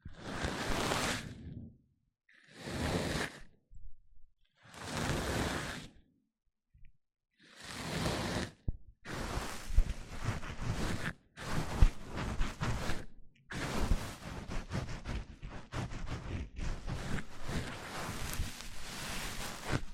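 Mic-on-mic triggers: soft, breathy rubbing swooshes that start as separate bursts about every two seconds with silent gaps between them. From around the eighth second the strokes come faster and denser, scratchy and brushing, running nearly continuously to the end.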